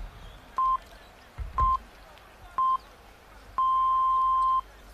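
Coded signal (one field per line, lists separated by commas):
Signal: radio time signal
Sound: three short beeps a second apart, then one long beep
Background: faint background noise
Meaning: The long final pip marks the exact start of the hour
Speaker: ahora mismo queda un minuto para que suenen las señales horarias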